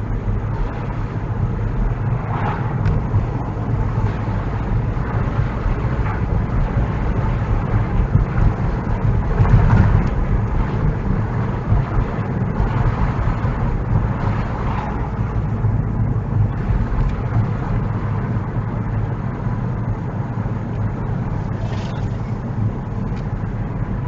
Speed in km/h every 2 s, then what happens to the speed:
29, 32, 35, 35, 35, 39, 34, 31, 29, 29, 27, 27.
0-9 speeds up to 39. 9-15 slows to 29. 15-24 steady at about 27.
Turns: none.